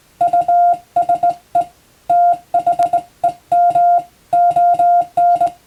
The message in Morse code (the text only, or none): USE THEM ON